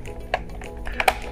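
A plastic front wheel assembly from a toy vehicle set is slid onto the chassis and pushed until it clamps into place. Sharp clicks are heard at 0.3 s and 1.1 s, with softer taps in between. The wheel ends up seated in the chassis.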